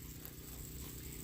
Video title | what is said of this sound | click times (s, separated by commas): Water! Our drip irrigation is finally running. | Then the tool, or the fitting, snaps into place. | 0.2 s